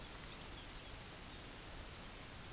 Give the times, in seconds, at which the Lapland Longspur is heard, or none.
0.00-1.59, 1.95-2.23